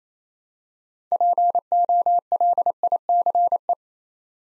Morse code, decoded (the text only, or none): POLICE